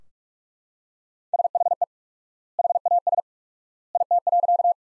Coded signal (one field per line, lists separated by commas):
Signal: Morse code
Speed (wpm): 42 wpm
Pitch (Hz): 700 Hz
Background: none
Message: SHE HAS IT.